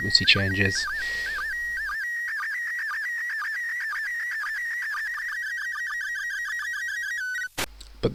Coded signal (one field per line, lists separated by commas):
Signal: SSTV (slow-scan television)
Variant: PD 120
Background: speech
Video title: SSTV from the ISS | The 5am documentary